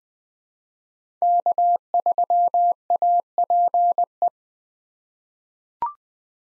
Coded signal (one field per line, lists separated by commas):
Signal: Morse code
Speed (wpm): 20 wpm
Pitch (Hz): 700 Hz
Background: none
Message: K3APE